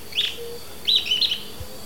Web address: Natures Songs S America Birds of Ecuador 03 Sooty-headed Tyrannulet